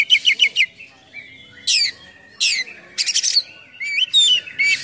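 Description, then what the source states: Oriental magpie-robin song mixing rapid repeated chirps, a flat whistle, steep descending notes and twisting, warbled whistles toward the end. Kacer song in 'gacor full isian mewah' style: a continuous, full song packed with imitations of other sounds.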